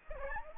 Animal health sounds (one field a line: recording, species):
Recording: mosquito wingbeat signal from an infrared sensor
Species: Aedes aegypti